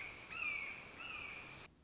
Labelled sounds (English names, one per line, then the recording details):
Red-shouldered Hawk
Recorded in Sonoma County, California